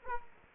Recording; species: mosquito wingbeat signal from an infrared sensor; Culex quinquefasciatus